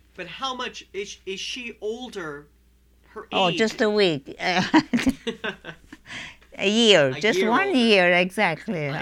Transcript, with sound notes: But how much, is she older, her age?
Oh, just a week. ( they laugh ) A year, just one year exactly.